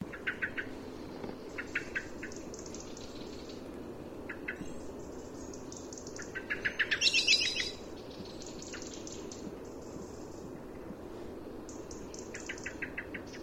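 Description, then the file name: Common blackbird calls: sharp chinking notes in short quick bursts, a louder rattling run midway, over a steady low rushing background. "Turdus merula"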